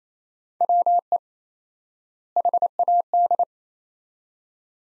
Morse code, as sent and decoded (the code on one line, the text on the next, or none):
.-- . / .... .- -..
WE HAD